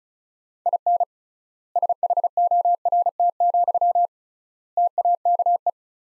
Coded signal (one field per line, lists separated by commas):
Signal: Morse code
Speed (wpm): 36 wpm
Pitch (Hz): 700 Hz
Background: none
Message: IN SHORT, TAKE